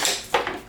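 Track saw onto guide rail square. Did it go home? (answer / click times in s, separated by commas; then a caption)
yes / 0.3 s. A track saw is slid onto a guide rail square accessory, and rubbing and sliding sounds on the rail lead into a sharper lock at 0.3 seconds. The saw latches into place at the back and is seated on the rail square.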